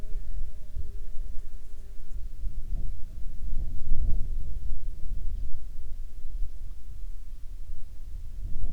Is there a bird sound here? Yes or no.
no